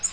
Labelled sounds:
Nashville Warbler (Leiothlypis ruficapilla) flight call

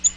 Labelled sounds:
Yellow-rumped Warbler (Setophaga coronata) flight call

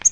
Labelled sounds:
Yellow-rumped Warbler (Setophaga coronata) flight call

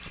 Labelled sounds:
American Redstart (Setophaga ruticilla) flight call

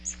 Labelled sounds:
Magnolia Warbler (Setophaga magnolia) flight call

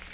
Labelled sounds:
Pine Warbler (Setophaga pinus) flight call

